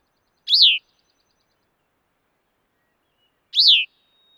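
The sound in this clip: Bicknell's thrush: two brief, thin, descending whistled calls about three seconds apart; nothing else audible.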